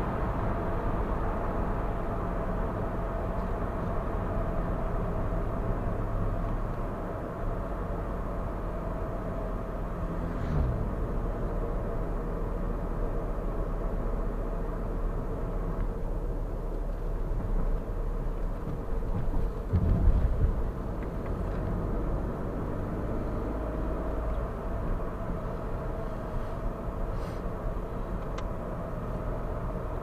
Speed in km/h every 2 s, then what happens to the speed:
82, 74, 68, 63, 60, 54, 53, 52, 50, 48, 49, 57, 60, 62, 58.
0-19 slows to 48. 19-23 speeds up to 60. 23-30 steady at about 60.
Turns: none.